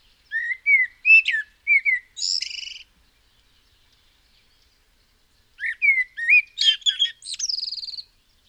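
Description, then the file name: Common blackbird singing two phrases, each opening with warbled low whistles and closing in a squeaky, rattling high twitter, with a quiet gap between them. "Turdus merula"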